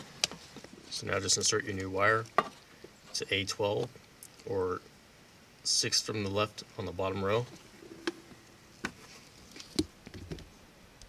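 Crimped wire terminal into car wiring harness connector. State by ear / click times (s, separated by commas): not seated / none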